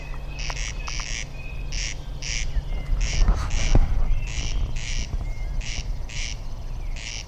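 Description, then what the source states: Corncrakes rasping in paired bursts, repeated rhythmically, against a steady low rumble with a few faint knocks. Recorded on 9 June of the previous year during a summer corncrake outing; several corncrakes present.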